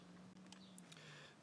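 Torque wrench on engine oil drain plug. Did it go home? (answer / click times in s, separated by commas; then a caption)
yes / 0.8 s. A torque wrench set to 27 ft-lb tightens the oil drain plug on a 1997 Saturn engine until it clicks at 0.8 s, marking the plug as torqued to spec. A steady low hum runs throughout, with a few faint ticks around 0.5 s and 0.9 s near the click.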